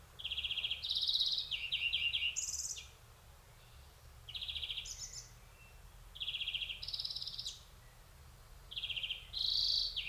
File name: Chloris chloris